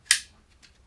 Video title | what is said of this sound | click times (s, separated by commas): 3 Things I Wish I Did As a New Gun Owner | you should hear an audible click | 0.1 s